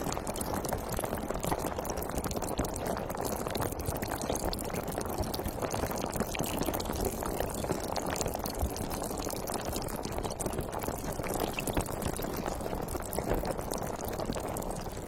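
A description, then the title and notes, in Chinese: Sparkling water fizzes without pause, a dense crackle of countless tiny bubble pops packed closely together. The sound stays steady and even for the whole stretch, mostly soft and low with a scattering of sharper, brighter ticks throughout. 气泡水的声音。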